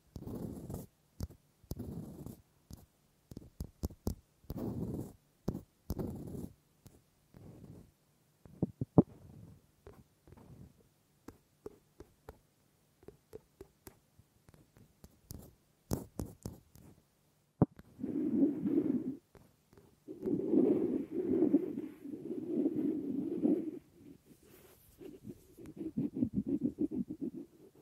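Wooden triggers: a run of sharp taps, knocks and scrapes on wood, irregular and clustered in quick bursts for the first eighteen seconds. After that the sound turns to longer, softer rubbing and brushing strokes, low and hollow, repeating in swells with short pauses between.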